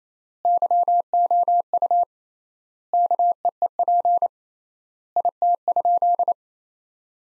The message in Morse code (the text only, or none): YOU KEEP IT?